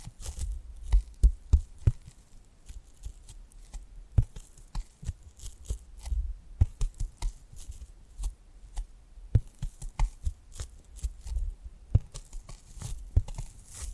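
Tapping and scratching sounds come in quick, irregular clusters, with sharp crisp clicks reaching high and soft low thumps underneath. The taps arrive several per second with brief pauses between bursts, and faint scratchy rustling fills the gaps throughout.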